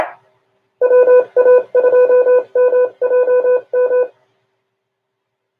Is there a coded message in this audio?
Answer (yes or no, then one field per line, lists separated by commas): yes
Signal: Morse code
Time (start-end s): 0.8-4.0 s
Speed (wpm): 27 wpm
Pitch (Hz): 500 Hz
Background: none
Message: WA2MJM